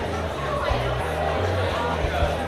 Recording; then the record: background sound without coughing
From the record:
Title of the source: CITY SOUNDS Busy Bar in the Evening Night - 2 HOURS of Ambiance for Relaxation